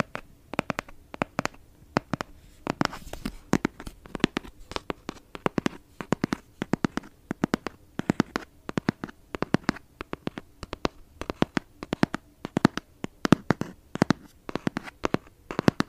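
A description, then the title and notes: ASMR tapping: sharp, crisp taps land in quick, uneven bursts across the whole sixteen seconds, some clustered in rapid runs, others spaced apart. Each tap is brief and bright, with a faint low hum and soft scratchy texture underneath. 2 hours of asmr triggers [asmr tapping, asmr for sleep].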